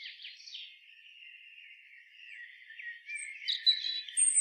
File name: Erithacus rubecula